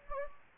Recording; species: mosquito wingbeat signal from an infrared sensor; Anopheles gambiae